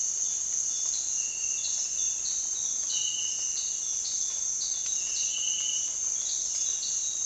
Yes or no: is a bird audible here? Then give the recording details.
no. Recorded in dense forest near Puerto Asís, Putumayo, Colombia, on 18 February 2024 at 06:30. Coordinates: 0.466, -76.327. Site G6413